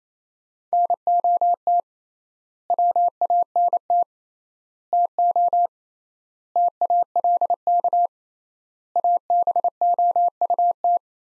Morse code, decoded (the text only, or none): NOT WANT TO TALK ABOUT